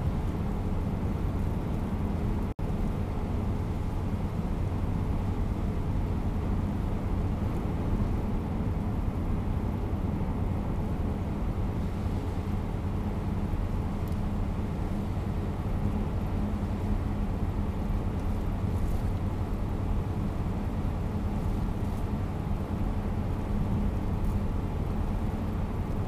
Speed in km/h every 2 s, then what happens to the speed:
89, 90, 90, 91, 90, 90, 92, 91, 92, 92, 92, 92, 92.
0-26 steady at about 91.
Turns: none.